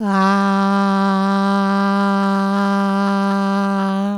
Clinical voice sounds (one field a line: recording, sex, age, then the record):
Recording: sustained vowel /a/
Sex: female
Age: 60 to 69 years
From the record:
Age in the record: 63 years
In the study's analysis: included